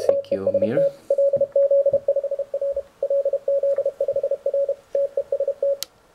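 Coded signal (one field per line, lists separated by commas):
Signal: Morse code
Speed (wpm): 32 wpm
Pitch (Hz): 560 Hz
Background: speech, radio noise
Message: TEST LZ5R LZ5R TEST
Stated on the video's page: Elecraft K1, a five-watt two-band HF CW transceiver kit.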